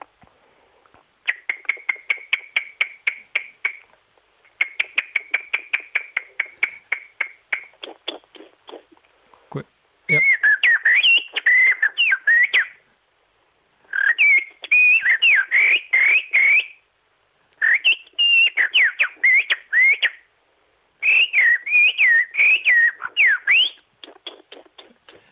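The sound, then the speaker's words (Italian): A bird-call whistle imitates blackbird song: two bursts of rapid, evenly pulsed chattering notes, then four loud, fluting phrases that warble up and down, separated by short pauses, with no talking. “Ti faccio il merlo e poi ti faccio un 2-3 note del tordo bottaccio.”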